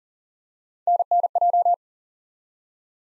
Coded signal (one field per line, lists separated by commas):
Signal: Morse code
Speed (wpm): 42 wpm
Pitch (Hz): 700 Hz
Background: none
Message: NNJ